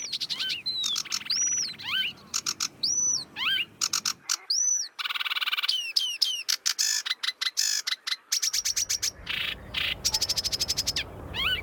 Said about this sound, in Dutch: De vraag is, hoe houd je al deze vrolijke zang en het gekwetter uit elkaar? In onze cursus Vogelzang zijn we aangekomen bij de rietzanger.